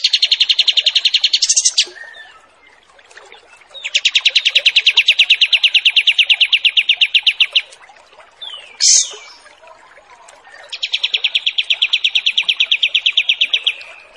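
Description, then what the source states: Kapas tembak song of long, fast buzzy trills, each lasting a few seconds, broken by brief sharp high notes between trills. Wild bird; recording made as a training song for caged birds (masteran).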